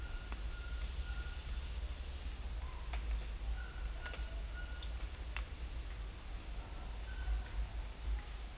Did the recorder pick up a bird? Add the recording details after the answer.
yes. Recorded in dense forest near Puerto Asís, Putumayo, Colombia, on 20 December 2024 at 10:00. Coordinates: 0.484, -76.325. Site G056